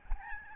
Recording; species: mosquito wingbeat signal from an infrared sensor; Aedes albopictus